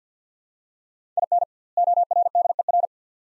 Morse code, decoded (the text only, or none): IN ORDER